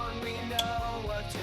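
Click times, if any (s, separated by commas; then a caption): 0.6 s. A 2025 Honda Civic sun visor mount is pushed up into its plastic headliner bracket and turned, giving a sharp click at 0.6 s as it locks. Music plays underneath throughout. The visor is seated and installed and will not come back down.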